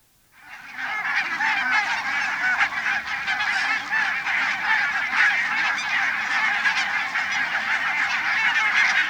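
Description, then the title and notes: Barnacle Goose: barnacle geese in a large flock giving a dense, continuous chorus of sharp yapping honks, many birds calling at once throughout. Over 1000 barnacle geese joining a larger flock on a field at Saastna, Matsalu, Estonia; spring, 2 May 1992, 7:00. "Ilkka Heiskanen Linnukevad Matsalus - Matsalun Lintukevät OÜ Looduskiri SAASTNA Üle 1000 valgepõsk-lagle (Branta leucopsis) liitub suurema parvega põllul. 2.5.1992 kl 7"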